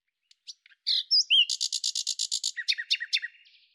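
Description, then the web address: Common nightingale song: scattered opening notes and slurred whistles, then a rapid, steady series of loud repeated notes, ending in lower chirps. "Deverinetal 2025"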